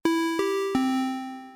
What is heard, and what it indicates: A sharp upstroke with an exponential decay.